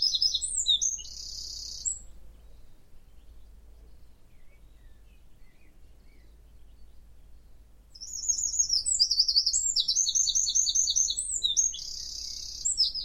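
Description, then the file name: Eurasian wren sings short bursts of high, rapid trills, a brief phrase at the start, then a longer run of ringing trilled notes after a quiet gap. "Troglodytes troglodytes"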